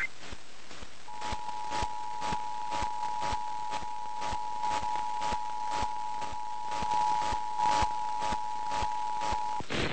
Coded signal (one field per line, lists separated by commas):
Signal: Emergency Alert System (SAME) tones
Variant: 853 and 960 Hz attention tone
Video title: Albany, NY Required Monthly Test (4/4/23)